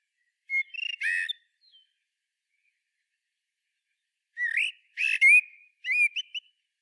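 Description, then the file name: Common blackbird giving short warbled phrases: soft whistled notes and a squeaky flourish, a long pause, then rising whistles with high thin twitters. "Turdus merula"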